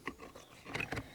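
A strimmer attachment shaft is handled at the coupling of a battery multi-tool split-shaft power head. Short knocks and scrapes are heard at 0.1, 0.8 and 0.9 seconds. Nothing has seated or clicked yet.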